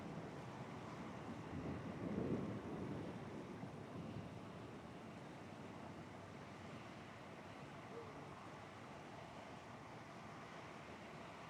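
A steady, dense rush of rain and harbor waves, with a low rumbling swell around two to three seconds that then settles.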